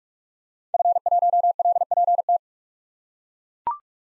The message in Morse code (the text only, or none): F1LPT